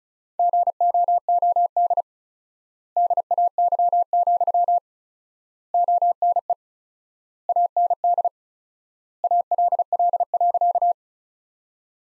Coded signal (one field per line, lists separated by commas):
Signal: Morse code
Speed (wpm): 36 wpm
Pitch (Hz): 700 Hz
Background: none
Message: GOOD DAY, ONE AND ALL.